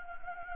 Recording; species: mosquito wingbeat signal from an infrared sensor; Anopheles gambiae